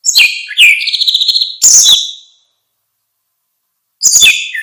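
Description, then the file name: Orange-headed thrush song: rapid high whistled notes and a short trill in quick succession, then a pause and a fresh phrase. "suara kicau burung anis merah"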